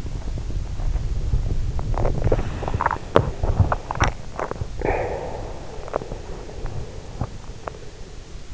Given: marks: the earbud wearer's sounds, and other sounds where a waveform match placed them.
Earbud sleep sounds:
sounds in sleep by an in-ear microphone; body movement, swallowing, breath
0.45-4.74 s: body movement
3.51-4.74 s: swallowing
4.74-8.54 s: breath

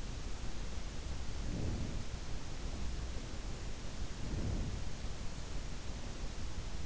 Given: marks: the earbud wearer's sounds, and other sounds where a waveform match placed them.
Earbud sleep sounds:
sounds in sleep by an in-ear microphone; breath
1.56-2.14 s: breath
4.21-4.86 s: breath

